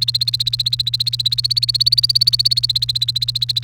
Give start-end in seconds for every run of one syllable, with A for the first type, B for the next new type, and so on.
0.00-3.63 A